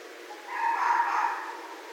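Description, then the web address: Red fox calling once, a soft mournful drawn-out note that swells then fades away, with a hissy background. Recorded 31 December 2011. "Red Fox 2011 12 31 Red Fox"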